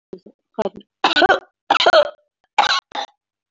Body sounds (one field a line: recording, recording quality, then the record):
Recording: heavy voluntary cough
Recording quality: moderate, slight background noise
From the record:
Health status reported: healthy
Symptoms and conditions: diabetes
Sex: female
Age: 46 years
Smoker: not ticked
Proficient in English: yes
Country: India